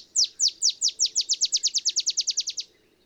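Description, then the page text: Olive sparrow giving a single song of about eighteen crisp, downslurred chips that run faster toward the end. Simple songs like a field sparrow's bouncing-ball song, though less mellow; early morning in Texas, 50 miles north of the Mexican border. "Olive sparrow. Recording early morning just 50 miles north of the Mexican border in Texas"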